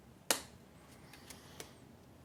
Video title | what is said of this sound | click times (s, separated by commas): Upgrade Tyco Train Cars (Knuckle Couplers and Metal Wheelsets) | Alright, so those are both snapped in place. | 0.3 s